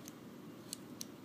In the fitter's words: other way like this yep it works clicks right in there